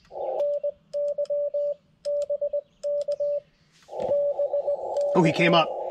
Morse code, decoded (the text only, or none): NYBK BK